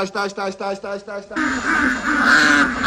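A quick run of about six nasal, evenly spaced quacks gives way to a loud, dense chorus of many ducks, lured in from all over the surrounding area, quacking together, a continuous noisy clamor that swells toward the end.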